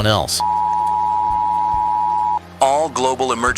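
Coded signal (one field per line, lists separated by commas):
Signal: Emergency Alert System (SAME) tones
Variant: 853 and 960 Hz attention tone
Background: speech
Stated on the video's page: Fictional simulated Emergency Alert System broadcast about an alien arrival.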